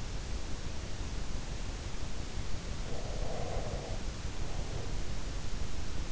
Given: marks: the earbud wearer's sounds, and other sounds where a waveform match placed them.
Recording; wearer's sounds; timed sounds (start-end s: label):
sounds in sleep by an in-ear microphone; breath
2.83-4.98 s: breath